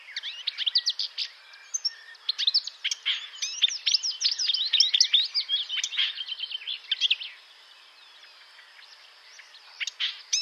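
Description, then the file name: Marsh Warbler song, a fast, varied stream of high chirps, buzzy notes and sharp whistles packed tightly together, pausing near the end before resuming briefly. Recorded 25 May 2007 around 08:10 at Bonnevaux. "Rousserolle verderolle 20070525 0810 25 Bonnevaux"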